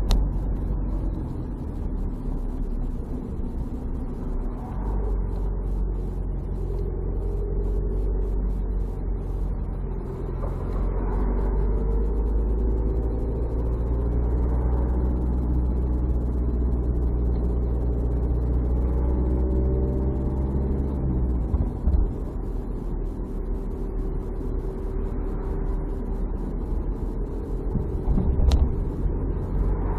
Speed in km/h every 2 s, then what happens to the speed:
32, 25, 23, 21, 22, 20, 22, 27, 27, 25, 30, 29, 27, 28, 31.
0-9 slows to 20. 14-30 steady at about 27.